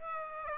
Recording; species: mosquito wingbeat signal from an infrared sensor; Aedes aegypti